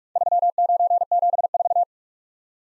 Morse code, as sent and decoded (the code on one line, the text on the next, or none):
...-- ----. --... ....-
3974